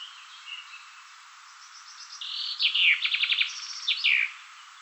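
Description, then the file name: Common chaffinch song: a bright series of trilled notes ending in an emphatic terminal flourish, over faint background birdsong. "Fringilla coelebs"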